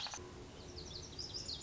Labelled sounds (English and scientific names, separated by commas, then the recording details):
Lazuli Bunting (Passerina amoena)
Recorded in Sonoma County, California